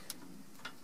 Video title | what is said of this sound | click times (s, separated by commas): Off Grid, DIY, Home Solar Install - P3 - Solar Panels - Wiring MC4 Connectors and DC Breakers | you get the connector push it through until you hear a click there | 0.1 s